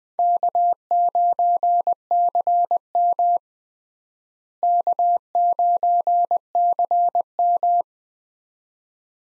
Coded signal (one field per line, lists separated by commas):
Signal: Morse code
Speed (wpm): 21 wpm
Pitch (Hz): 700 Hz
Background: none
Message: K9CM K9CM